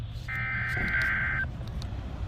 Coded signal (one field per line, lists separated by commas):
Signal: Emergency Alert System (SAME) tones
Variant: header bursts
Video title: NOAA EAS Alert #40: KWO37 Required Weekly Test